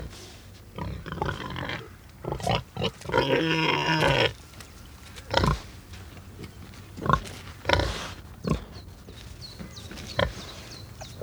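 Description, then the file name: Domestic pig grunting: irregular short, low grunts with a longer, louder grunt in the first half, then scattered snorts. "Het knorren van een varken - Sound Cloud - Beeld en Geluid"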